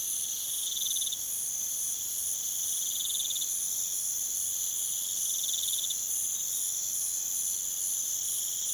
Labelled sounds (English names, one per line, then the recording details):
none
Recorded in pastures near Puerto Asís, Putumayo, Colombia, on 29 June 2025 at 03:00
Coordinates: 0.486, -76.323
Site H29